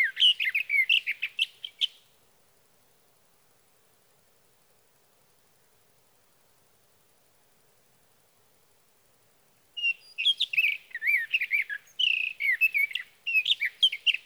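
Sage thrasher song: a burst of quick jumbled warbling, about eight seconds of quiet, then another long rambling run of varied chirpy, slurred phrases.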